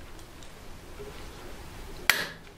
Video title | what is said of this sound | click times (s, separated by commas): Delboy's Garage, Prize Draw #11, Wiha "Torque Screwdriver" | there we are soon as you reach the relevant torque click that's it | 2.1 s